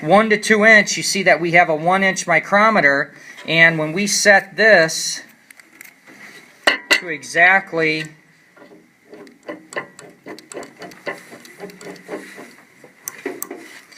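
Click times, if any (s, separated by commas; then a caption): 9.7 s, 10.5 s, 13.1 s, 13.4 s. Someone talks while a 1 inch micrometer is closed onto its setting standard using the ratchet thimble, with a sharp knock near 6.7 s. The ratchet then slips and clicks once measuring force is reached, with clicks at 9.7, 10.5, 13.1 and 13.4 seconds amid a faint hum.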